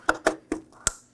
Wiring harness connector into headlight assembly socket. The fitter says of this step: Make sure you hear that click.